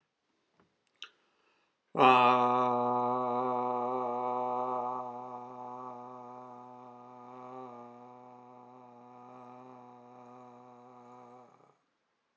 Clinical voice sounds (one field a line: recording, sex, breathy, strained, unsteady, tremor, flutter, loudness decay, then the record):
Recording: sustained vowel /a/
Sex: male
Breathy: absent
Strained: absent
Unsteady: present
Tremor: absent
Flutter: absent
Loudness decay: present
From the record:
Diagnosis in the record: healthy control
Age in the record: 76 years